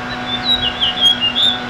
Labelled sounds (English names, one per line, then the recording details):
House Finch song
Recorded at Glen Cove on Long Island, New York, on 14 June 2013
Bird B